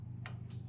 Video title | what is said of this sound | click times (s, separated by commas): 7th Grade Orientation: Summer, 2020 | i feel a little click | 0.3 s